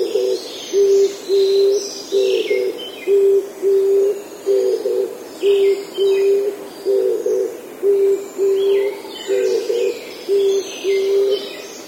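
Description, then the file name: Oriental turtle dove cooing: low, hollow coo notes repeated in a steady rhythm, with faint high chirps from other birds above. "kijibato"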